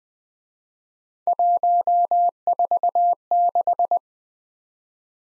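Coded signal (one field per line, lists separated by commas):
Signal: Morse code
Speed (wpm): 21 wpm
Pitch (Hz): 700 Hz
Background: none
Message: 146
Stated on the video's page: Speed-Racing Morse drill of three letter-number combinations that starts fast and slows to 17 wpm base speed, then sends a final repeat at maximum speed.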